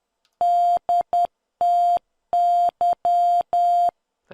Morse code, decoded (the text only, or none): DTY